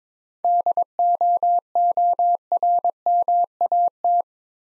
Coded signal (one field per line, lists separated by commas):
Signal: Morse code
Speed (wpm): 22 wpm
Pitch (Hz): 700 Hz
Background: none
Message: DOORMAT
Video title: Easy Words - Speed-Racing with Hints - 17wpm